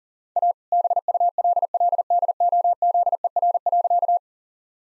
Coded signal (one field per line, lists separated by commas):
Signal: Morse code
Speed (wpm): 40 wpm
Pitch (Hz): 700 Hz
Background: none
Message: A BULLDOZER.